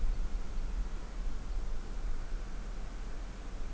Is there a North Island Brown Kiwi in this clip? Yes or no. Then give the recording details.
no. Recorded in New Zealand on 8 June 2013. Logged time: 02:19